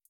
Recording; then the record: hydrophone in a shrimp aquaculture tank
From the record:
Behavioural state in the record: feeding